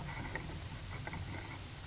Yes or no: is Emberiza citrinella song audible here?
no